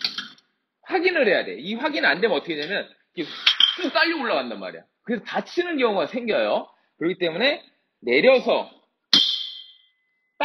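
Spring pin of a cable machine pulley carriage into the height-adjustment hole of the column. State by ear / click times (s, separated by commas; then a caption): seated / 9.1 s. Someone talks while the pulley carriage of a cable crossover machine is lowered to its bottom position after its adjustment pin is pulled out. At 9.1 s the spring pin of the carriage snaps into the height-adjustment hole in the column with a sharp metallic click, and the pin is seated and locked.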